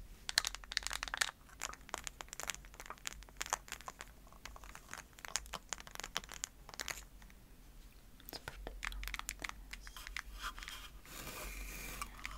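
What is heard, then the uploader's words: Tapping and scratching on an egg, dense crackly clicks in quick irregular bursts, with a steady low hum. ASMR Easter Triggers To Help You Fall Asleep (tapping, scratching, egg sounds).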